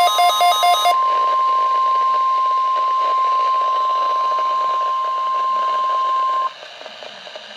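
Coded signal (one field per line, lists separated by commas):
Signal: Emergency Alert System (SAME) tones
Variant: 1050 Hz attention tone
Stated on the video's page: Required weekly test received on a new Midland WR-120 NOAA weather radio set to tone-alert on weekly tests; it recognizes the EOM signal.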